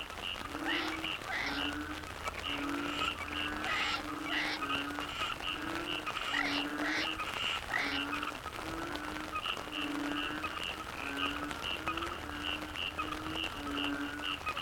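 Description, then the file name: Dense frog chorus with rhythmic low croaks, steady rapid higher pulses and occasional louder rasping bursts over a faint low hum. Frog chorus soundscape recorded in the Cherating wetlands, Malaysia. "yamaha frogs cherating wetlands"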